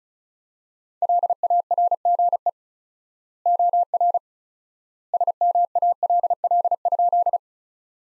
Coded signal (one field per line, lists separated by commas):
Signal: Morse code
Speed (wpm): 34 wpm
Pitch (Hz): 700 Hz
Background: none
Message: LARGE OR SMALL?